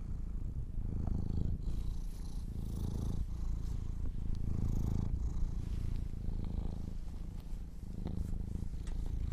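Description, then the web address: Domestic cat purr, an even low vibrating drone that waxes and wanes with breathing, soft hiss of breath riding over it. Kittens purring. "sleepandrelaxasmr. The Purring Kittens"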